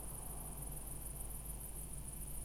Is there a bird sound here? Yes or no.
no